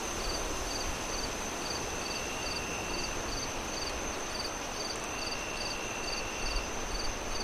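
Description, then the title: Cricket chirps, bright high pulses in an even rapid rhythm, heard through strong wind with a faint continuous whine above. Crickets chirping on a windy night, wind howling through the trees. "Relaxing Crickets Sounds On A Windy Night"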